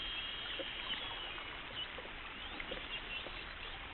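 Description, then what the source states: Spinner dolphin whistles, a long flat tone at the start then brief whistles including a rising sweep, set against constant hissing underwater noise and soft clicks. Recorded 27 August 2012 at 21:54.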